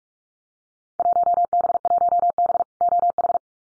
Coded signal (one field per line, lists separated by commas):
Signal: Morse code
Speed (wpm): 46 wpm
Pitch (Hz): 700 Hz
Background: none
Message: 1B1B OH